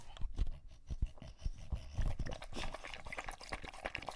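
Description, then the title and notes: English Bulldog drinking, low thumps and wet sounds, then a denser burst of slurping and splashing water. Male English Bulldog named Lucho drinking water from a bowl after a long walk, breathing heavily and out of breath between drinks. "English Bulldog Drinks from Water Bowl. listen to Lucho the English Bulldog as he tries to drink water after a long walk. Don't let his heavy breathing fool you in between drinks, he's equally out of breath from the walk"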